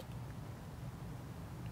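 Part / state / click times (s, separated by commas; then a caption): USB cable plug into plasma lighter charging port / not seated / none. A USB charging cable is brought up to the charging port of a Blaze 360 Flex plasma lighter and lined up before being pushed in. Only a steady low hum with soft handling noise is heard, and nothing has seated or clicked yet.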